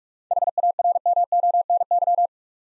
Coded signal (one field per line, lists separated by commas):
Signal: Morse code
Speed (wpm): 44 wpm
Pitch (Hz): 700 Hz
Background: none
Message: HARMONY